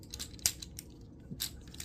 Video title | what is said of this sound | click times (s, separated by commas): Transformers Synergenex Optimus Prime Type MFS-3 Kiryu Mechagodzilla - Kai-July 2025 Day 8 | these right here are just going to snap right into that. And you might have to work it a little. | 0.5 s